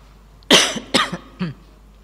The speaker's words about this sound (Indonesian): Contoh nih, karena ada kalian ini, saya enggak bebas batuk. Coba di rumah saya batuk, wow, sak kapoke semuanya. Tapi karena di sini batuknya agak digaya-gayakan.